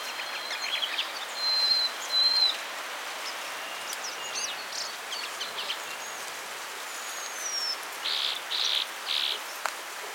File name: Zonotrichia querula - Harris's Sparrow